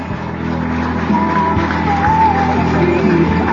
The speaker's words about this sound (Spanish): Aplauso para las chicas nuevamente de patín artístico.